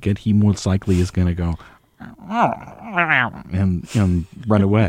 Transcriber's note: imitation of cat noise